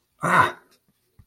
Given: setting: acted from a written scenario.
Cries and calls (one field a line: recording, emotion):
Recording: vocal sound without words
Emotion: negative surprise